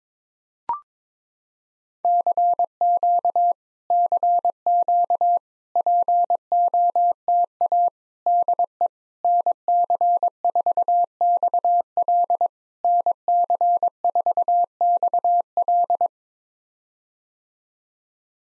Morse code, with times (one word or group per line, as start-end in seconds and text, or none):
2.0-3.5 CQ
3.9-5.4 CQ
5.8-7.9 POTA
8.3-8.9 DE
9.2-12.5 NC4XL
12.8-16.1 NC4XL